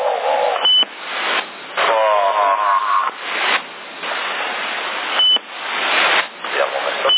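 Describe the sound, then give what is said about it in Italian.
Crackly, band-limited CB radio transmission in Sassari, February 2008, with hissy static and muffled voices, punctuated twice by a short, thin, high-pitched beep as the transmissions cut in and out. “Comunque poco fa mi è sembrata una persona, ecco, bip.”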